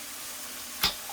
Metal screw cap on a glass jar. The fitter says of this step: hit the bottom until you hear it pop.